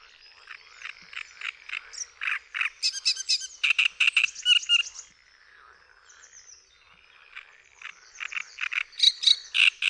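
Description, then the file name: Great reed warbler singing a harsh, croaking chatter of rapidly repeated grating notes in bursts, pausing briefly midway before resuming the loud, rhythmic phrases. "TRZCINIAK"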